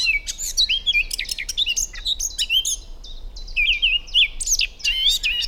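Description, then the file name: Eurasian blackcap delivering a lively, fluting warble with sliding whistles and quick chattering phrases over faint low background hum. "Sylvia atricapilla"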